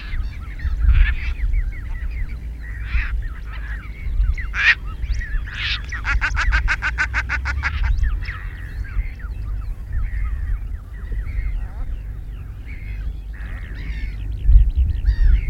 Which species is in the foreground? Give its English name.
Caspian Tern